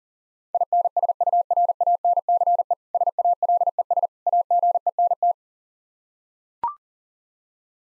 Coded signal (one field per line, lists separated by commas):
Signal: Morse code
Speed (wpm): 40 wpm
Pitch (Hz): 700 Hz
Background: none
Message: INSURANCE SALES AGENT